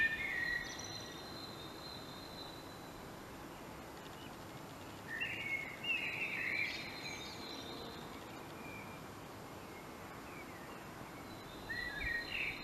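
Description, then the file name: Common blackbird song with three spaced warbled phrases, fluty notes ending in high twittery squeaks, separated by long gaps of steady background noise. "Turdus merula"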